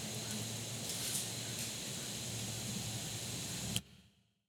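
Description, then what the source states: Insects droning in a steady high-pitched hum with a fainter lower band, a few sharp clicks, then the sound cuts off abruptly near the end. Fall day that felt like late summer; insects droning like the heat in a neighborhood, joined by falling acorns.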